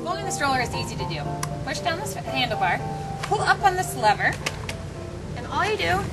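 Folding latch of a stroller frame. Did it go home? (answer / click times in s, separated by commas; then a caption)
no / none. A Chicco Cortina stroller is folded by pushing down the handlebar and pulling up a lever on the frame, while someone talks over background music. The frame's folding latch has not clicked or locked into place yet.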